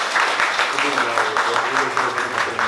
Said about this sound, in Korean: 네. 자, 박수 한번 또 보내주시고요.